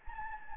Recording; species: mosquito wingbeat signal from an infrared sensor; Anopheles gambiae